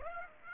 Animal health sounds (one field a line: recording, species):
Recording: mosquito wingbeat signal from an infrared sensor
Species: Aedes aegypti